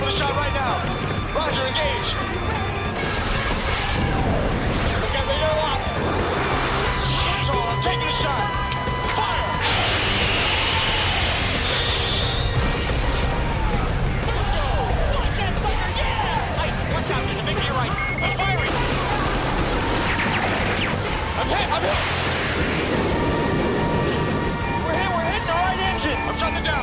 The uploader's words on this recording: Flying an F-14 Tomcat with Maverick and Iceman || Top Gun Ambience. This ambience contains dialogue from Top Gun (1986), fighter jet SFX and some great tunes to keep you company as you fly! Cockpit of an F-14 Tomcat cruising the blue skies.